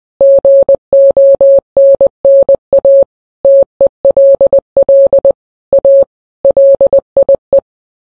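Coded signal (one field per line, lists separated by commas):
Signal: Morse code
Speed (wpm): 20 wpm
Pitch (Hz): 550 Hz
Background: none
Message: GONNA TELL A LIE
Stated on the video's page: Morse rendition of a song, shortened from a 15-minute original.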